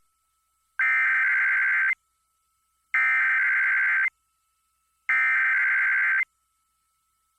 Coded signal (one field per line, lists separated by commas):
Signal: Emergency Alert System (SAME) tones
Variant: header bursts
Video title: [EAS #2363-#2367] Sunday & Monday RWTs